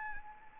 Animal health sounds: mosquito wingbeat signal from an infrared sensor; Anopheles arabiensis

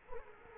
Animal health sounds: mosquito wingbeat signal from an infrared sensor; Culex quinquefasciatus

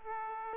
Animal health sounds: mosquito wingbeat signal from an infrared sensor; Aedes aegypti

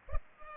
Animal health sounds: mosquito wingbeat signal from an infrared sensor; Culex pipiens

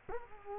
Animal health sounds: mosquito wingbeat signal from an infrared sensor; Culex quinquefasciatus

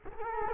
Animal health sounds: mosquito wingbeat signal from an infrared sensor; Culex quinquefasciatus

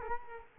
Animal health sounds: mosquito wingbeat signal from an infrared sensor; Culex quinquefasciatus

